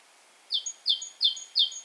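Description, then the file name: Great tit giving four clear, high two-part notes in quick, even succession after a brief pause. "Parus major"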